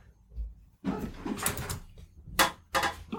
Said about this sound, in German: Hier knarzt bei mir alles, der Stuhl, der Tisch. Ich weiß gar nicht, was hier los ist, du.